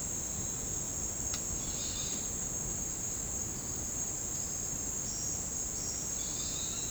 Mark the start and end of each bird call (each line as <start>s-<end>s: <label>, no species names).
1.55s-2.34s: bird call
6.13s-6.90s: bird call